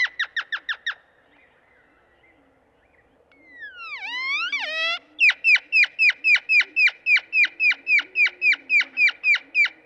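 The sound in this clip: Great-tailed grackle giving a burst of hard clacks, then sliding whistles that dip and rise, then a long steady run of loud metallic clacks about four per second.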